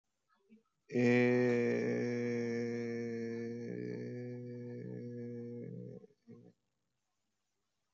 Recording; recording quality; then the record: sustained vowel as in made; excellent, no background noise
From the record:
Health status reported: healthy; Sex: male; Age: 24 years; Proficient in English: yes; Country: India